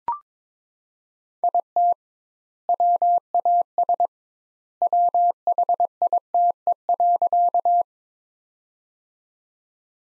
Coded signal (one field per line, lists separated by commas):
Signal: Morse code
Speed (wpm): 21 wpm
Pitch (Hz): 700 Hz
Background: none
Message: IT WAS WHITE.